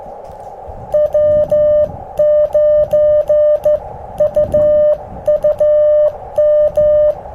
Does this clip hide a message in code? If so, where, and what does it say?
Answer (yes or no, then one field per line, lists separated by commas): yes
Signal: Morse code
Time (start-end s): 0.9-7.1 s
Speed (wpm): 14 wpm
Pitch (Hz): 600 Hz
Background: music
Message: W9UUM